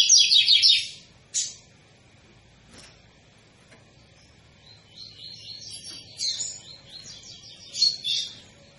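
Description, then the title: Double-collared seedeater: a loud burst of high chattering notes at the start, then softer, quieter twittered phrases follow after a pause. Tui-tui style song of a spirited ('fibra') bird, used as a teaching song for young birds. "COLEIRO TUI TUI FIBRA"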